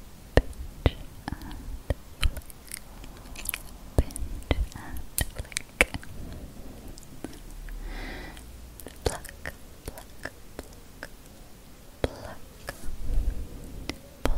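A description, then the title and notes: Pinching and flicking sounds: sharp, bright snaps and clicks land irregularly, often several per second, with soft crinkly rustling between them. Around the eighth second a brief breathy swish passes, and low thumps of handling recur throughout. ASMR PINCHING AND FLICKING.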